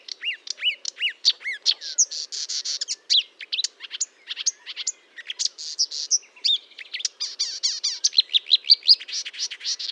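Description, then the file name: Marsh warbler song of quick rising whistles mixed with buzzy, scratchy notes and short trills, delivered in a restless, continuous flow. Song recorded at Fontaine-Française, Fourneau, on 1 June 2022 at 10:55, using a Nagra recorder with a Telinga microphone. "Rousserolle verderolle 1055 Fontaine-Francaise-Fourneau"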